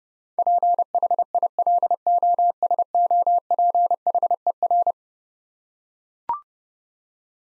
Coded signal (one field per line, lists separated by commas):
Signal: Morse code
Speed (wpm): 30 wpm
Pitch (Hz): 700 Hz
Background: none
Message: PHILOSOPHER